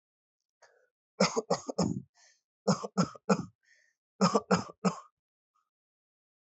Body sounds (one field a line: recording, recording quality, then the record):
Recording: shallow voluntary cough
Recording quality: excellent, no background noise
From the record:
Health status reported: healthy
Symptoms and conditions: none ticked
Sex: male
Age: 29 years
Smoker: not ticked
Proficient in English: yes